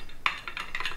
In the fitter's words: J'ajuste. C'est enclenché.